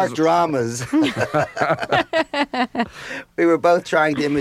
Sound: laughter

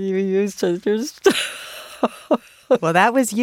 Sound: laughter

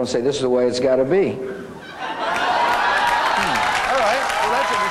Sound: soundbite of laughter

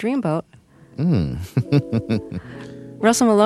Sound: laughter

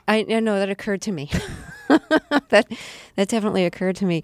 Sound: soundbite of laughter

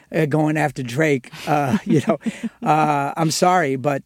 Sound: laughter

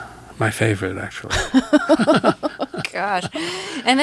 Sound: soundbite of laughter

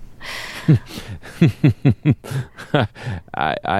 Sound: laughter

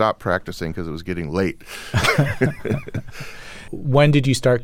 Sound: laughter

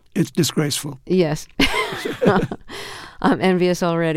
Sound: laughter

